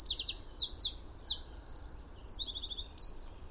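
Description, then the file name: Eurasian wren delivering a rapid, high-pitched song of sharp repeated notes, a rattling trill and a quick twitter, with faint low background noise. "Troglodytes troglodytes"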